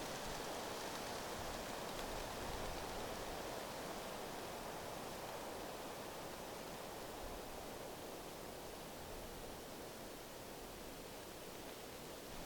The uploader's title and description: Forest Wind & Waterfall White Noise. The gentle breeze through trees and the soothing cascade of a waterfall